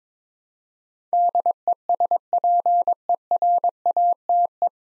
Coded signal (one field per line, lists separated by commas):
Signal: Morse code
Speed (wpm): 22 wpm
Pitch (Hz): 700 Hz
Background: none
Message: DESPERATE